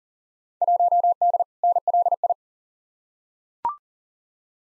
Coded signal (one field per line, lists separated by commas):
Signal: Morse code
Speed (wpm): 40 wpm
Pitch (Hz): 700 Hz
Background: none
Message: 1D NLI